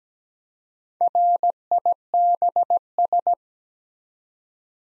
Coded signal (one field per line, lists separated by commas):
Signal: Morse code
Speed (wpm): 17 wpm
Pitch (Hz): 700 Hz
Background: none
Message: RIBS